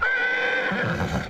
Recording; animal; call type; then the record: contact call of a hoofed animal; horse; whinny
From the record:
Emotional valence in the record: negative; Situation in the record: separation from one group member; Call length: 1.30 s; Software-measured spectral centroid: 1830 Hz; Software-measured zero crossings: 2520 a second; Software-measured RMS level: -24 dBFS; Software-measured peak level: -12 dBFS